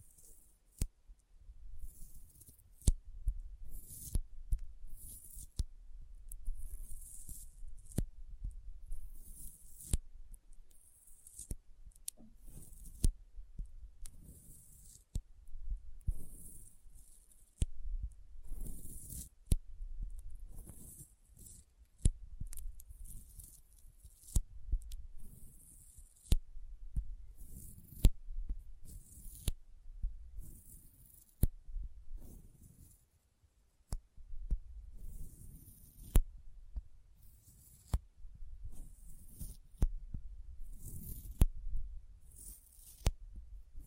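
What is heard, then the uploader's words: Sticky fingers press and peel apart repeatedly, each release a quick bright tacky snap over low soft thuds, irregular but steady throughout. ASMR Intense Sticky Finger Sounds (No Talking).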